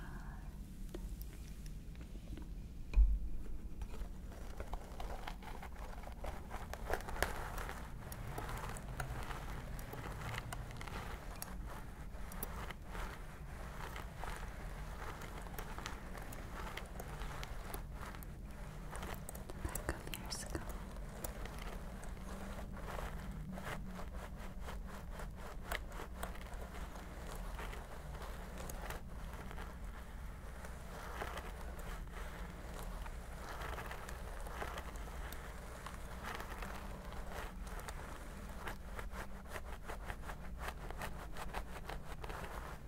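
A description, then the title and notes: Scalp massage with dense, crackly rustling of fingers through hair over a steady low rumble, quieter for the first few seconds. ASMR Stress Relieving Scalp Massage ASMR.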